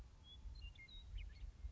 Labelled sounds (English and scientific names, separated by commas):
Western Meadowlark (Sturnella neglecta)